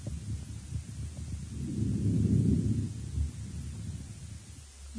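One soft, low breath swell over the left subscapular region of an adult with lobar pneumonia of the right lower lobe in its initial stage: ordinary vesicular breath sounds on the healthy side, opposite the affected lobe, without crackles.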